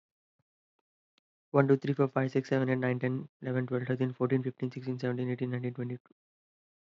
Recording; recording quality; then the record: counting at a fast pace; excellent, no background noise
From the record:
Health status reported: respiratory illness, not identified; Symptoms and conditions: asthma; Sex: male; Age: 22 years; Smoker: not ticked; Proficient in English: yes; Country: United States